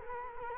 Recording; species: mosquito wingbeat signal from an infrared sensor; Culex quinquefasciatus